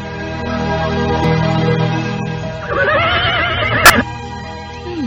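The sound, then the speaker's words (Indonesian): A horse lets out a loud, quavering whinny that rises and wavers through several pulses, ending in a sharp snort, over a low steady rumble with no one speaking. “Kuda siapa ini? Bagus sekali.”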